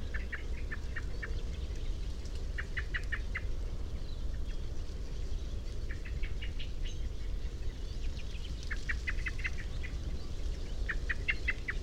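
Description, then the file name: Common blackbird calls: several quick bursts of hard, metallic chink notes spaced a few seconds apart, with low continuous rumble beneath. "Turdus merula"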